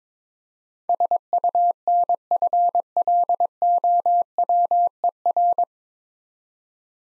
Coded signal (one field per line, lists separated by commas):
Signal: Morse code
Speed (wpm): 22 wpm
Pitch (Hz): 700 Hz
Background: none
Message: SUNFLOWER